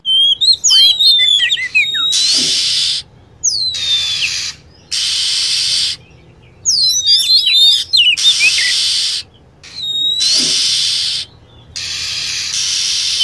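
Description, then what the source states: Lovebird calls, dense clusters of shrill looping chirps at intervals, interspersed with long sections of hissing noise. Lure recording meant to attract lovebirds.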